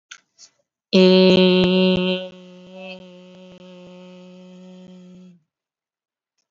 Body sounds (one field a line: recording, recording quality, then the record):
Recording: sustained vowel as in made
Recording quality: excellent, no background noise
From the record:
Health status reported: healthy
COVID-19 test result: negative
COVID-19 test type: RT-PCR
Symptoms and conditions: cough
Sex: female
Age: 23 years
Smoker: no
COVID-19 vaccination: one dose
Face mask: worn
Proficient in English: yes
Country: India